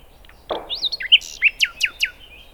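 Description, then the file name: Common nightingale song phrase: a low rasp, then whistled notes and a run of four sharp, down-slurred chirps in quick, even succession. "Luscinia megarhynchos"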